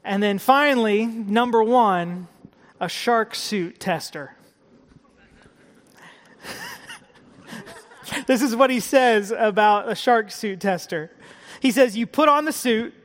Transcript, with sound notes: Then finally, number one was a shark suit tester. (Laughter!) This is what he says about a shark suit tester. “You put on the suit;